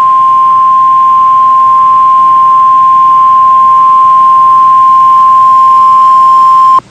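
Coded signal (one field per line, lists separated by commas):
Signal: Emergency Alert System (SAME) tones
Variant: 1050 Hz attention tone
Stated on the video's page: NOAA Weather Radio required weekly test from the NWS in Ruskin, heard via a Weather Underground radio feed, with a live voice.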